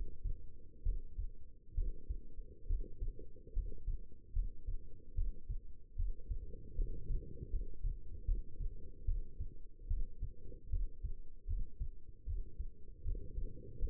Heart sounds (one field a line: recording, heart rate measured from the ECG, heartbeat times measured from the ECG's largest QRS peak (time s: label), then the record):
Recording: heart sounds by stethoscope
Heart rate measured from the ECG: 74 bpm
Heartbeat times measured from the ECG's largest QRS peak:
0.83 s: heartbeat
1.74 s: heartbeat
2.66 s: heartbeat
3.53 s: heartbeat
4.33 s: heartbeat
5.14 s: heartbeat
5.95 s: heartbeat
6.75 s: heartbeat
7.50 s: heartbeat
8.25 s: heartbeat
9.05 s: heartbeat
9.87 s: heartbeat
10.69 s: heartbeat
11.46 s: heartbeat
12.26 s: heartbeat
13.04 s: heartbeat
13.78 s: heartbeat
From the record:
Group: healthy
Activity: rest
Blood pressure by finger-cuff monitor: 164/114 mmHg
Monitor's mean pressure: 127 mmHg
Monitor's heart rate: 74 bpm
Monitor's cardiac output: 5.5 L/min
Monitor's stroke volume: 76 mL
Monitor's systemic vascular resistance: 1710 dyn s/cm5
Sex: female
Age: 22 years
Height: 171 cm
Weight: 65.6 kg